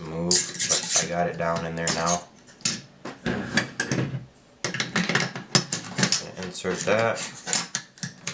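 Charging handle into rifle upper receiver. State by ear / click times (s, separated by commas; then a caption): not seated / none. A charging handle is handled and inserted into a rifle's upper receiver while someone talks, with sharp metallic clicks and clatter throughout. Nothing has seated or clicked into place yet by the end of the clip.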